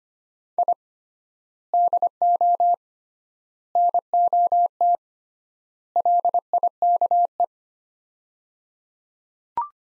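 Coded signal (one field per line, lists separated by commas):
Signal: Morse code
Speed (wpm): 25 wpm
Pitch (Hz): 700 Hz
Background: none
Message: I DO NOT LIKE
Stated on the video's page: Morse practice of four-word sets at 25 wpm with 3x word spacing, a Farnsworth-like method; words sent in Morse, then spoken, then sent again.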